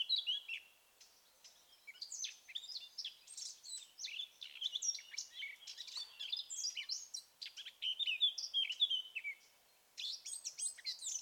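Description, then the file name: Eurasian blackcap song, long runs of quick varied warbling and twittering notes with brief pauses, a few clear whistles mixed in. "Sylvia atricapilla"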